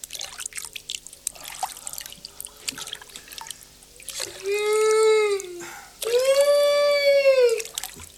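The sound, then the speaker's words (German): Water of the Orinoco River drips and splashes softly around an old motorboat for several seconds, then two long, loud, horn-like tones rise and hold, separated by a brief pause, with the water still faintly audible beneath. “Wir sind an Bord eines alten Motorbootes, weit, weit weg von allem, und fahren den Orinoco runter.”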